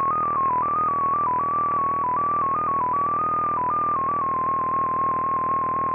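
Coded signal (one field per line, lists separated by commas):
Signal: multi-tone FSK (Olivia or MFSK type)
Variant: XPA2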